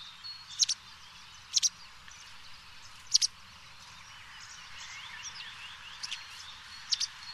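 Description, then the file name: White wagtail calling with short, high, paired chirps at irregular intervals over faint background twittering. "Bergeronnette grise"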